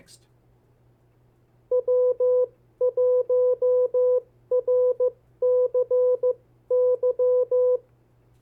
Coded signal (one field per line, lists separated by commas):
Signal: Morse code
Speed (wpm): 15 wpm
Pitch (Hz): 500 Hz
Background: speech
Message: W1RCY